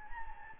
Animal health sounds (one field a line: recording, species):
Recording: mosquito wingbeat signal from an infrared sensor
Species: Anopheles gambiae